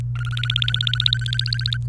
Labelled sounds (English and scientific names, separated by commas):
Domestic Canary (Serinus canaria) song